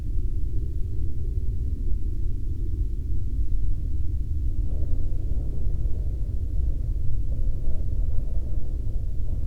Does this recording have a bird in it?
no